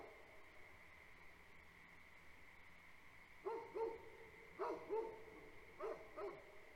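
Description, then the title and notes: Great Pyrenees: dogs start barking after about three seconds of quiet, giving three quick pairs of barks, over a steady high frog chorus drone. Two livestock guardian dogs barking on a farm at night, heavily for five minutes then periodically; frog chorus present; recorded March 2021. "Farm at Night. Two Great Pyrenees livestock guardian dogs bark for the first five minutes, then periodically throughout. Frog chorus fills the air. Recorded March, 2021"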